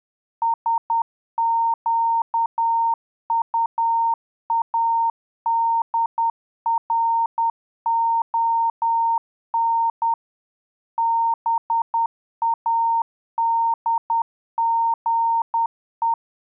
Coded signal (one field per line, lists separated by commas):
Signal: Morse code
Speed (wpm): 10 wpm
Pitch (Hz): 920 Hz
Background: none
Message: SQUADRON BADGE